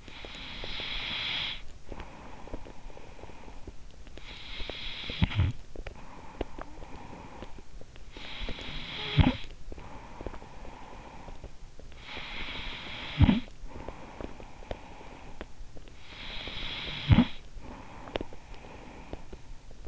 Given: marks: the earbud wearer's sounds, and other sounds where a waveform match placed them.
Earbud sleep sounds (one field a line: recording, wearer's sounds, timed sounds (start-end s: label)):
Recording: sounds in sleep by an in-ear microphone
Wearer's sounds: breath, snoring breath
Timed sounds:
0.00-4.13 s: breath
4.13-19.72 s: snoring breath
19.72-19.88 s: breath